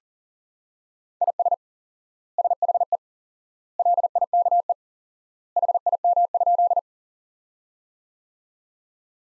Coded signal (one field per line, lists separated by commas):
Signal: Morse code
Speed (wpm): 40 wpm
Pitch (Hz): 700 Hz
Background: none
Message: IS SHE LIKE HIM?